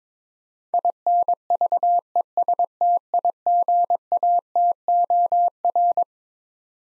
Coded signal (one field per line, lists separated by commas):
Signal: Morse code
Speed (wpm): 22 wpm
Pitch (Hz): 700 Hz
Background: none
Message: INVESTIGATOR